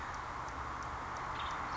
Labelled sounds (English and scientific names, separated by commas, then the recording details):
Western Tanager (Piranga ludoviciana)
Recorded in Sonoma County, California